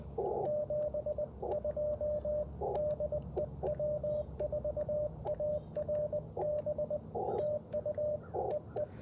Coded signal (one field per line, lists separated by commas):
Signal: Morse code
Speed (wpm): 20 wpm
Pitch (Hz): 600 Hz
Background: radio noise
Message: 72 DE W4ARB TU EE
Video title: Morning Morse Code - 11/3/23 @ Tuskegee Airmen National Historic Site (K-0868)